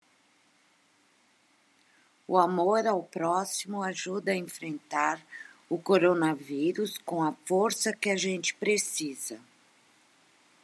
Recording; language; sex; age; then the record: spoken sentence; Brazilian Portuguese; female; 60 to 69 years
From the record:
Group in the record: control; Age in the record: 67 years